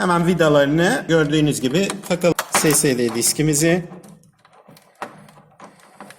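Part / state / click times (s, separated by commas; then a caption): SSD into the socket in a smart board's OPS module / not seated / none. An SSD that is only caught at the front of its socket inside a smart board's OPS computer module, which can keep the board from starting, is being handled before it is pushed fully home. Someone talks for about the first four seconds, then faint handling noises and a few light ticks follow, with a slightly sharper one near 5.0 s. Nothing has seated or clicked yet.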